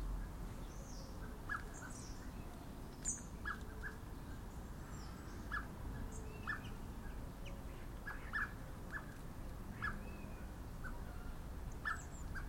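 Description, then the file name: Common blackbird calling with brief, clipped notes repeated every second or so, faint against constant low-pitched background rumble, with scattered high chirps from other birds. "Turdus merula"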